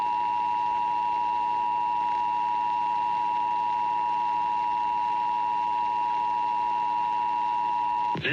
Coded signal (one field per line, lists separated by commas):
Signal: Emergency Alert System (SAME) tones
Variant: 853 and 960 Hz attention tone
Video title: 2023 National Periodic Test KCBS 740 & How The EAS Works